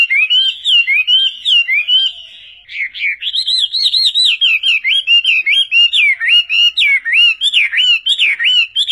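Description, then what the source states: Chinese hwamei song of clear, rolling whistled phrases repeated in quick succession, with a brief quieter passage after two seconds before the looping whistles resume. Combination of song phrases (tembakan).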